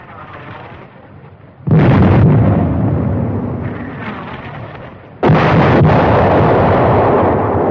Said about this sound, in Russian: орудие вело огонь, рявкая и посылая по цели один за другим снаряды. Но это было как-то по-другому. Страшно.